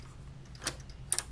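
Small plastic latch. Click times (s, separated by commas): 1.1 s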